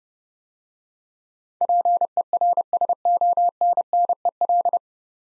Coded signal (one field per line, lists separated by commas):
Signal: Morse code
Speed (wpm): 30 wpm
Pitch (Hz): 700 Hz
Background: none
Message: PERSONNEL